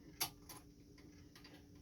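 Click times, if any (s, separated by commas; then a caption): 0.2 s. A threaded metal bobbin case, with its small finger pointing up, is slid back onto the center post of the hook on a Brother HA-4 sewing machine. It seats with one sharp click at 0.2 s, followed by a few fainter ticks. The case goes all the way in and clicks into place so it won't drop back out while sewing.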